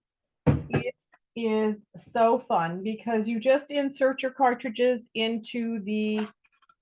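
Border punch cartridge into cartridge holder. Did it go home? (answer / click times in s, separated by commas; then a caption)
no / none. Someone talks while handling a punch cartridge for a paper border-making system, getting ready to insert it into its plastic cartridge holder. Only speech is heard. The cartridge has not seated or clicked into the holder yet.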